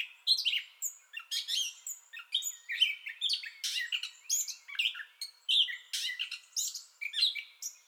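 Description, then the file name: Gray catbird pouring out a jumbled song of squeaky, mewing and buzzy notes, fast and varied throughout. Entire song bout, 30 May 2021. "2021-05-30 Gray Catbird Entire Song Bout"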